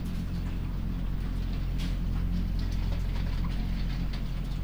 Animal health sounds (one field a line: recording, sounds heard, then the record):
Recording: poultry house recording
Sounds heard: sick chickens (respiratory disease)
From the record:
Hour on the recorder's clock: 22